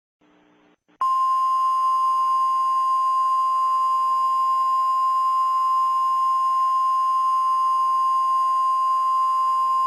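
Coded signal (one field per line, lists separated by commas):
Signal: Emergency Alert System (SAME) tones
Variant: 1050 Hz attention tone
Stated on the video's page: Collection of EAS alarms.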